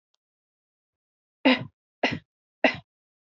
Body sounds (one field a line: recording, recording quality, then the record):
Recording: shallow voluntary cough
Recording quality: excellent, no background noise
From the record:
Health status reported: healthy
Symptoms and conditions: none ticked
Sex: female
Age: 23 years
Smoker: not ticked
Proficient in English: yes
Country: India